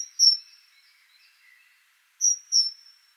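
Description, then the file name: Great tit: a single high whistled note, then after a pause a quick pair of bright whistles. "Parus major"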